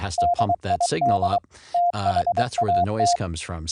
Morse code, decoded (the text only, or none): DID THAT